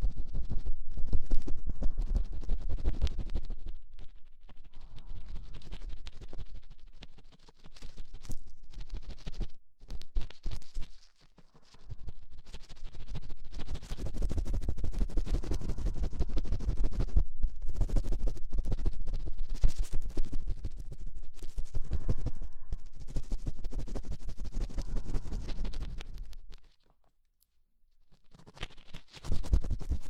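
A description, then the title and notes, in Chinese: Rapid ear-cleaning sounds: dense, fast scratching and rubbing with a deep, muffled body and brighter crackle on top. The scratching runs in bursts, with brief drops around five and ten seconds and a near-silent gap near twenty-seven seconds before it resumes. 膝枕！掏耳朵，高速触发。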